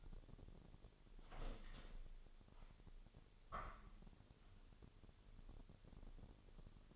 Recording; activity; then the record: daily activity, microphone in the room; open window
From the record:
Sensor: 4